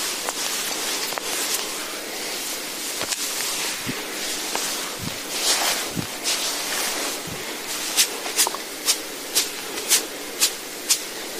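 Soft massage sounds: a steady hiss of rubbing and brushing over the skin, with scattered light taps early on. After about eight seconds the strokes turn into a regular series of short, crisp swishes roughly every half second, bright.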